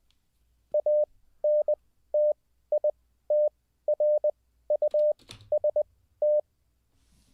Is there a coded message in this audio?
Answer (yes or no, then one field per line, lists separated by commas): yes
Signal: Morse code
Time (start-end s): 0.7-6.4 s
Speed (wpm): 20 wpm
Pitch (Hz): 590 Hz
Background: none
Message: ANTITRUST